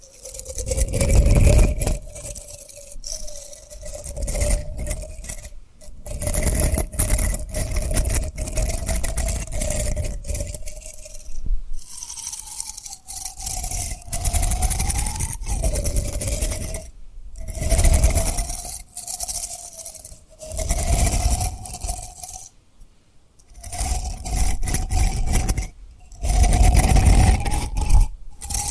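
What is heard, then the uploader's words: Tapping and rubbing on rhinestones, with frequent sharp clicks, glittery jangles and scratchy rubbing bursts, broken by brief silences around 12, 17 and 23 seconds. A steady, faintly wavering hum runs underneath throughout, rising slightly in pitch midway. ASMR Tapping & Rubbing Rhinestone Lip Triggers for Sleep (No Talking).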